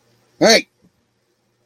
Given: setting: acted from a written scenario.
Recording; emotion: vocal sound without words; fear